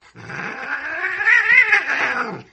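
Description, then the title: Cat giving one drawn-out growling yowl that wavers up and down in pitch, lasting over two seconds before fading. "kucingku"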